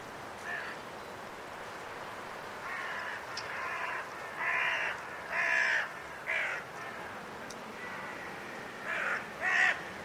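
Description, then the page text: Carrion crow gives rough, drawn-out caws in a loose series of several calls, while wind roars steadily underneath. Five carrion crows calling in trees before roosting, during blustery force 6 wind, in winter at Woodchester Park, Gloucestershire. "A group of five Carrion Crows in the trees, before roosting, during a blustery force 6 wind. Recorded in winter at Woodchester Park, Gloucestershire by Richard Margoschis. British Library"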